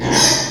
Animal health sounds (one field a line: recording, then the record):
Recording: squeal of a Yucatan mini pig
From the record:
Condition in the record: before surgery on the right vocal fold (resection and tissue-engineered implant)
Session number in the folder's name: 1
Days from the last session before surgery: -3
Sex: male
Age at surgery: 12 weeks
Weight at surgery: 13 kg